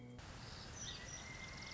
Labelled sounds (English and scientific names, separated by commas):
Pileated Woodpecker (Dryocopus pileatus)